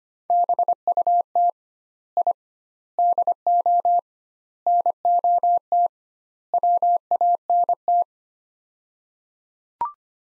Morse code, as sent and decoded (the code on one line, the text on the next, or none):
-... ..- - / .. / -.. --- / -. --- - / .-- .- -. -
BUT I DO NOT WANT